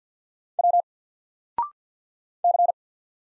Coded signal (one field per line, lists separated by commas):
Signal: Morse code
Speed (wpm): 48 wpm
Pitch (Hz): 700 Hz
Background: none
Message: W C